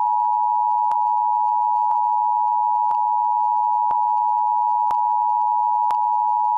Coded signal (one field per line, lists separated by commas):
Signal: Emergency Alert System (SAME) tones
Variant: 853 and 960 Hz attention tone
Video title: EAS Blizzard Warning